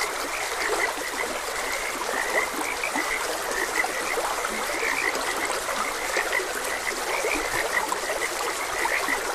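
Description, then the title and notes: Frog chorus of rapid, overlapping high croaks, unbroken throughout, with the constant rush of a flowing stream beneath. Frogs croaking beside a gentle stream, presented as calming nature ambience. "Gentle Stream and Frogs Croaking - Calming Sounds of Nature. Sleep and Relaxation Podcast"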